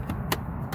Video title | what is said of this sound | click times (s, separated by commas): 2016 Camaro SS Cabin Air Filter How To | there it is this pops right in there magically | 0.3 s